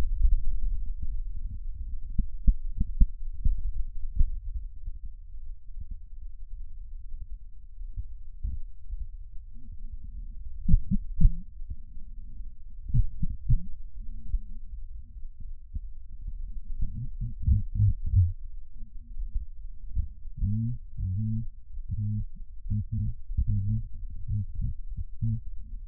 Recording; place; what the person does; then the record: lung sounds by stethoscope; right posterior apical chest; quiet breathing, then cough and speech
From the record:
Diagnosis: none (healthy); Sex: male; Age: 29 years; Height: 180 cm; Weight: 100 kg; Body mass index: 30.9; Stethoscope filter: bell mode